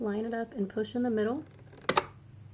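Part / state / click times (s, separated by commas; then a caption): bobbin case into sewing machine bobbin area / seated / 1.9 s, 2.0 s. Someone talks while the bobbin case of a Kenmore 385 sewing machine, with its bar lined up to the divot, is pushed in the middle into the machine's bobbin area. Two sharp snaps follow at 1.9 s and 2.0 s as the bobbin case seats in place.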